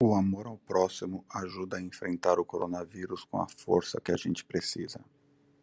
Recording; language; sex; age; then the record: spoken sentence; Brazilian Portuguese; male; 40 to 49 years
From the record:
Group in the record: control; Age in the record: 48 years